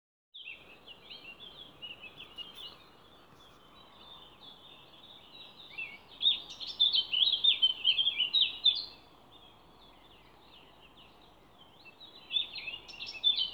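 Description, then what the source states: Songbird song: soft scattered chirps at first, then a loud rapid warbling phrase midway and a shorter burst near the end, with constant low background noise. Songbird songs recorded 29 April 2020 in scrubland at Ježdovec, by the lake at Rakitje, and in Stupnik forest.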